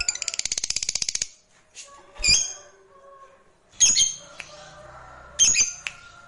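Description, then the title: Lovebird chatter: a rapid buzzy rattle for a second, then harsh squawks with scratchy, high notes at intervals. Recording meant to stimulate a reluctant lovebird into spontaneous, fierce singing and long trilling (narik). "LOVEBIRD Malas Bunyi JADI GREGET SPONTAN Langsung NARIK"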